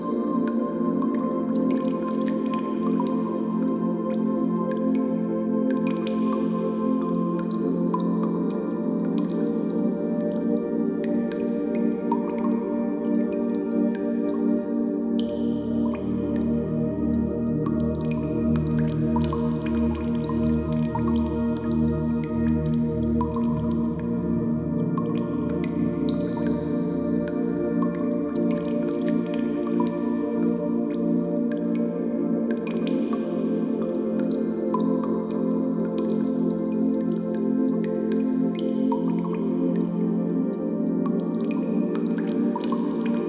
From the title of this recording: Cave Water Drips